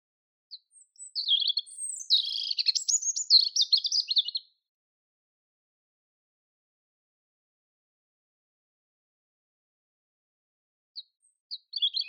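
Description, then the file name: European robin song: a rapid, jumbled, high twittering phrase of about three seconds, then a long silence before a second phrase begins at the very end. "Erithacus rubecula"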